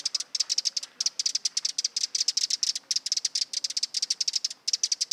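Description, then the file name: Eurasian wren giving hard, high ticks in quick succession, grouped into runs with a few short gaps. "Troglodytes troglodytes"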